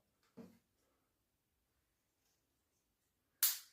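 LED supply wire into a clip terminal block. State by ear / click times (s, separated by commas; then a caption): seated / 3.4 s. The supply wire of an LED strip, for a custom display cabinet's 4000K lighting, is fed into a clip-style terminal block, and the clamp is snapped shut on it. After a soft, brief handling noise near 0.4 s and a quiet pause, a sharp, bright click sounds at 3.4 s and decays quickly. The wire is seated and held firmly in the connector.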